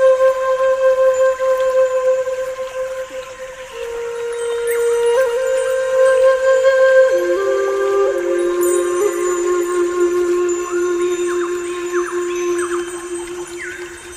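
A pan flute plays a slow melody of long, held notes that step lower around the four- and seven-second marks, ending on a deeper sustained tone. Short grace notes and light breathy flourishes decorate the line, with faint bright glints toward the end.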